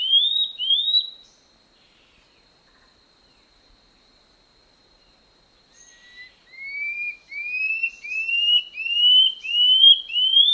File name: canto do rendadinho